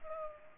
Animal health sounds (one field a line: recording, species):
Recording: mosquito wingbeat signal from an infrared sensor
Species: Culex pipiens